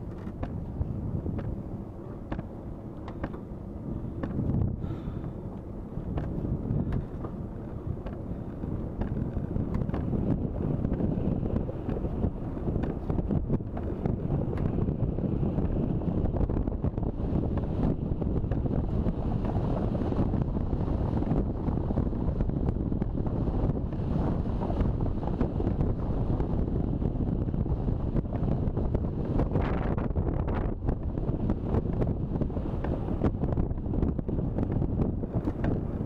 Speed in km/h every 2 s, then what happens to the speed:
22, 23, 25, 27, 29, 30, 32, 33, 34, 35, 36, 36, 36, 36, 36, 35, 34, 33.
0-20 speeds up to 36. 20-36 steady at about 36.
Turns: none.